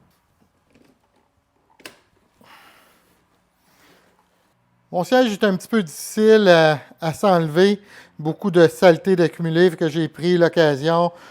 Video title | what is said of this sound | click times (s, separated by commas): Can Am Spyder série F3/F3S - Installation valises GIVI - Exclusivité La Spyder Shop de Lavaltrie | Puis en même temps, vous allez entendre un clic puis vous allez être capable de la soulever. | 1.9 s